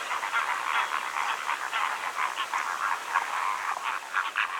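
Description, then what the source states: Greater flamingo flock giving a steady babble of short, nasal, goose-like honks, many birds overlapping throughout. Calling, in Greece.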